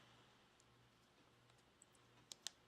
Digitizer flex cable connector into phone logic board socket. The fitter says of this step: going to want to gently feel it and then hear it snap down and last